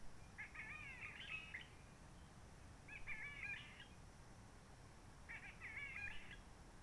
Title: Roche Merveilleuse, Réunion - Merle de lîle de la Réunion.